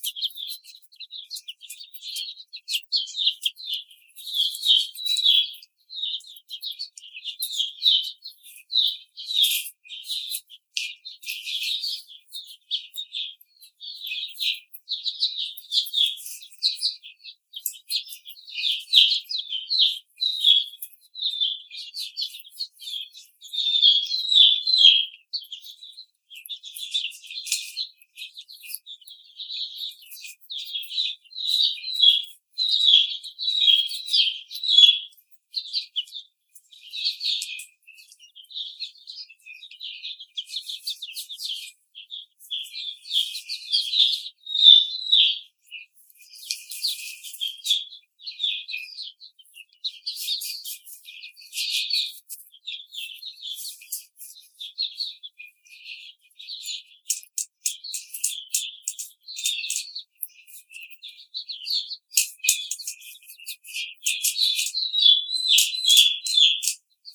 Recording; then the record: young laying hens in a cage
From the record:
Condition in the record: treatment cage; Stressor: simulated dog barking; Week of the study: 5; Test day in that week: 1